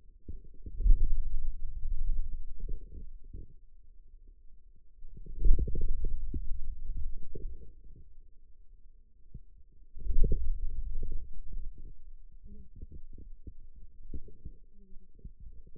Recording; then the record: forearm muscle sounds (acoustic myography)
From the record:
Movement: hand closing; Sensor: system 2, bracelet of six BSWA MPA416 microphones around the upper forearm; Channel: 3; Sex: male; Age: 22 years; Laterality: right